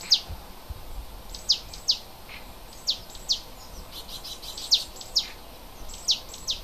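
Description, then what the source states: Bird calling with short, high-pitched descending chirps, often in quick pairs, repeated irregularly throughout against quiet background noise. Native bird of the forest, recorded in February.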